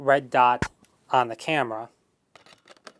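Someone talks while an interchangeable lens is lined up red dot to red dot against the bayonet mount of a Canon EOS 7D DSLR camera, followed by a few faint, short handling taps near 2.4 and 2.9 seconds. The lens has not yet been turned home; nothing has seated or clicked yet.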